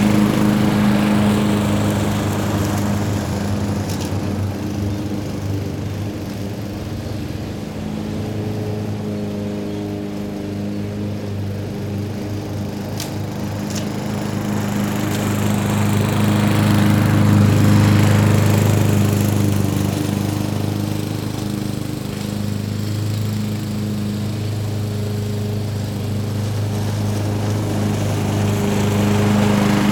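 A lawn mower runs steadily with a low, droning engine hum that swells louder around the middle and again near the end.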